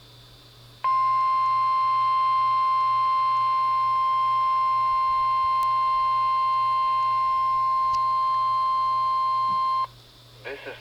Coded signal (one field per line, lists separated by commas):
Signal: Emergency Alert System (SAME) tones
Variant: 1050 Hz attention tone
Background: speech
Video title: First RWT of the Summer! (EAS #93-94)